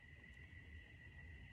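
The plastic back cover of a small battery-operated handheld electric seam ripper is being refitted by hand after the batteries have been put in. A steady high tone runs over a low rumble, with only a brief faint handling noise near the end. Nothing has seated or clicked yet.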